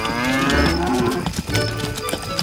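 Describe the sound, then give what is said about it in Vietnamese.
Several cows of a herd being driven home moo in low, drawn-out bellows that overlap one another, loud and steady across the whole stretch with no talking. “Một ngày trôi qua và Krishna lùa cả đàn bò trở về nhà.”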